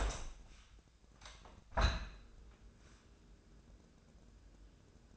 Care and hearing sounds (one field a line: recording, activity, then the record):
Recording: daily activity, microphone in the room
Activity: open window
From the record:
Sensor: 2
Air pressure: 1012.2 hPa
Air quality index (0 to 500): 127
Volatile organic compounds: 1 ppm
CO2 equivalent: 943 ppm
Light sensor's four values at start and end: 178/428/180/188 and 176/424/178/187